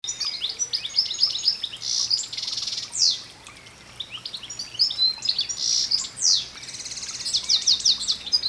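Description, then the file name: European goldfinch with a near-continuous run of liquid, high twitters mixed with short buzzy notes and quick downward slurs, pausing briefly midway. "Carduelis carduelis"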